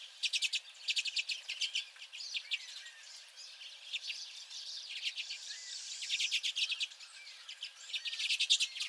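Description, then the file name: Common redpolls chattering in a group: bursts of rapid, dry, rattling notes alternating with softer buzzy twitters, the chatter swelling again near the end. Several common redpolls. "Common Redpolls and at least one Pine Siskin"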